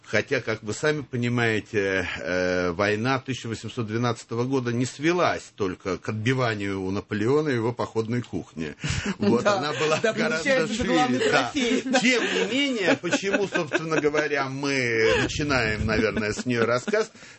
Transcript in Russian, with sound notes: Хотя вы сами понимаете, война 1812 года не свелась только к отбиванию у Наполеона его походной кухни.
Да, а то получается, что главный трофей [смех]
Тем не менее, почему, собственно говоря, мы начинаем с нее рассказ…